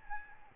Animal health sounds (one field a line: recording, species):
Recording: mosquito wingbeat signal from an infrared sensor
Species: Aedes albopictus